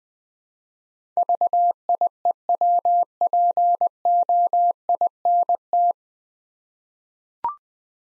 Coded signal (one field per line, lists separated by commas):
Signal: Morse code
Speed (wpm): 20 wpm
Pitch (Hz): 700 Hz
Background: none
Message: VIEWPOINT